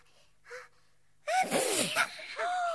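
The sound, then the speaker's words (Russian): A faint sharp inhale, a pause, then a loud, sudden sneeze with a voiced, wavering tone, trailing into a brief breathy sound and a short higher-pitched note. “Он чихнул, девочки.”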